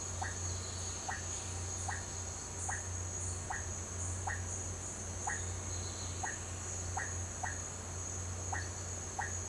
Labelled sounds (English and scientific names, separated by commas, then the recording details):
none
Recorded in pastures near Puerto Asís, Putumayo, Colombia, on 8 March 2025 at 12:00
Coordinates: 0.466, -76.322
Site CSA-02